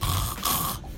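Two harsh, low, rattling snore sounds fill about a second, each a rough throaty vibration with a brief pause between. It is an adult man's deliberate imitation of a very heavy, loud snore, heavier than ordinary snoring, not real sleep breathing.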